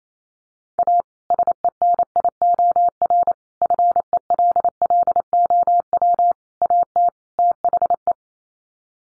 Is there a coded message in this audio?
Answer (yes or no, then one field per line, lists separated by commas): yes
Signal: Morse code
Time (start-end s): 0.8-8.1 s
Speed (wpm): 28 wpm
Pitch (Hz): 700 Hz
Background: none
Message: A SENIOR FELLOW AT THE